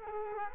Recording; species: mosquito wingbeat signal from an infrared sensor; Culex quinquefasciatus